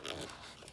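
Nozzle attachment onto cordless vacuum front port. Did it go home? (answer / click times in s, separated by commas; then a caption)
no / none. A plastic nozzle attachment is pushed onto the front port of a Tineco cordless vacuum, making a short burst of broadband plastic rustling with brief sharp sounds near 0.1 s and 0.7 s. The nozzle goes on, but its latch has not clicked, because it has come off so many times, and it pops off with little force.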